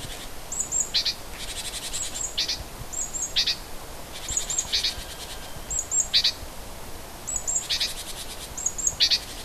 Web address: oeko hecke vogel februar vogel f 1 4 heimisch